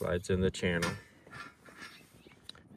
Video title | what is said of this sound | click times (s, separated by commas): Off-Grid Solar Panel Install in 100° Desert Heat! - Shipping Container Roof Mount (No Holes!) | and locks in place like that. | 2.5 s